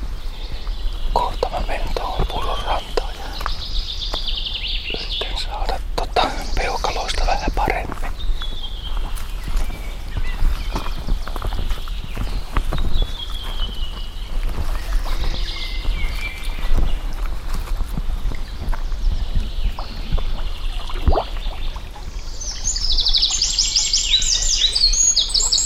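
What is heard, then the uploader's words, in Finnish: A summer outdoor scene by the Kukkasjoki river, with a steady low rumble underneath and busy, chirping calls scattered throughout. Sharp clicks and knocks come and go, and near the end a bright, high twittering rises for the last few seconds. Ääniretki Kukkasjoelle. Kesän viimeisiä ääniä. Kesän lurittajia lähti Kukkasjoelle äänittämään Asko Hauta-aho.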